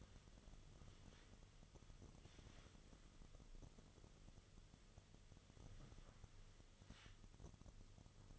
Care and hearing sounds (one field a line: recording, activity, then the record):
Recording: daily activity, microphone in the room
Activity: wipe stove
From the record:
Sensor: 4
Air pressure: 1005.7 hPa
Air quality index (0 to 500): 102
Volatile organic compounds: 2 ppm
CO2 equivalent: 1273 ppm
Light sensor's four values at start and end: 12/27/10/10 and 11/26/10/10